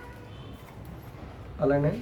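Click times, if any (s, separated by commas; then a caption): none. A clip for a pentagon lamp plate is pulled slightly backwards and lined up with its slot, ready to be pressed home. Low, quiet handling noise runs through the clip, and someone talks briefly near the end. Nothing has clicked or seated yet.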